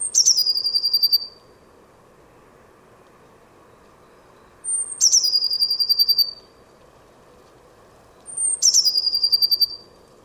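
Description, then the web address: Bird calling three times, about four seconds apart. Each call is a sharp high note dropping into a quick rattling trill, over a constant faint low hum. "cianscape birddata Deverinetal 2025 Bird Only Cy Ca"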